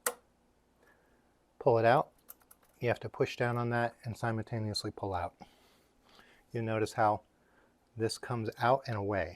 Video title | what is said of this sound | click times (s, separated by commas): Connections for lites or bed 2022 | fits in as so and you're going to hear it click | 0.1 s